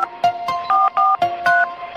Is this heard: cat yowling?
no